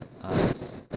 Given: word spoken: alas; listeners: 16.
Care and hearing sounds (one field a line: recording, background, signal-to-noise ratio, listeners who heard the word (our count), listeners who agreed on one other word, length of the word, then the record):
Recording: one Spanish word in noise, from a listening test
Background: noise modulated by one talker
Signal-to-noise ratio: -11.5 dB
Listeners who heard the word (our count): 0 of 16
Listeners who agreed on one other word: 6 of 16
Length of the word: 0.56 s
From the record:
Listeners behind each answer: 6, 2, 2, 1, 1, 1, 1, 1, 1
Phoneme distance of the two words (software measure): 20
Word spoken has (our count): 2 syllables, 4 phonemes, stress on syllable 1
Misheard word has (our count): 2 syllables, 4 phonemes, stress on syllable 1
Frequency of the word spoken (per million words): 18.71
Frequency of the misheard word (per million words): 20.92